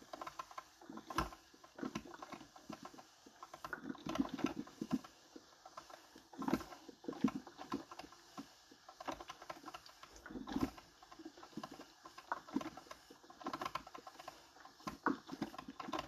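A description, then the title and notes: Morning household sounds: uneven clatter, rustling and sharp knocks roughly every few seconds, with brief low animal-like calls between the bumps. From winter in Sweden.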